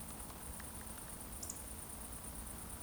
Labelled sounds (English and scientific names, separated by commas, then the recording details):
Eurasian Woodcock (Scolopax rusticola) whistle
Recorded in Baden-Württemberg, Germany, on 25 June 2020 at 20:22 UTC
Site 14569, 102 m above sea level